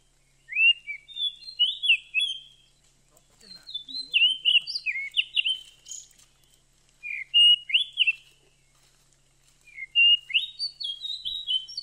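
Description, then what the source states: Oriental magpie-robin singing rich, varied whistles in separate bursts every few seconds, mixing rising slurs and sharp chirps against an otherwise quiet background. Lure recording.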